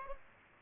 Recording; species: mosquito wingbeat signal from an infrared sensor; Aedes aegypti